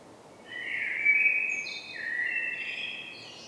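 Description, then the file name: Common blackbird song: a flowing low whistled warble with thin high squeaks, mostly toward its close. "Turdus merula"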